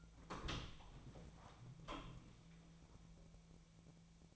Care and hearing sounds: daily activity, microphone in the room; open door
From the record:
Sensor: 1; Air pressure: 1000.5 hPa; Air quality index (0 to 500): 184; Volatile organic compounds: 4 ppm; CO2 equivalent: 1700 ppm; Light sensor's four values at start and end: 11/27/11/13 and 12/28/12/13

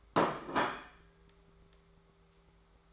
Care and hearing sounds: daily activity, microphone in the room; place plate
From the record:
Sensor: 3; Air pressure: 1015.0 hPa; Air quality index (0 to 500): 208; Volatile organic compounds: 33 ppm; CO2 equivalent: 3030 ppm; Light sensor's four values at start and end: 12/29/12/12 and 12/29/12/12

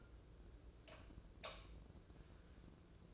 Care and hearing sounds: daily activity, microphone in the room; light off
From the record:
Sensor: 2

